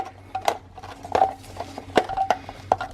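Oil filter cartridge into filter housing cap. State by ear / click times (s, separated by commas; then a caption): not seated / none. A paper oil filter cartridge with a lubricated o-ring is handled against the plastic filter housing cap during an oil change on a 2017 Jeep JK. Short, sharp plastic knocks and rattles land at about 0.5, 1.2, 2.0 and 2.7 seconds over a low, steady hum. The cartridge has not seated or clicked into the cap yet.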